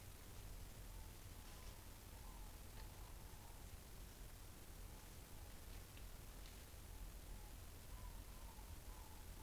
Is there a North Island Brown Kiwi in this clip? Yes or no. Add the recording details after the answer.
no. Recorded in New Zealand on 24 November 2013. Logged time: 00:13. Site CF70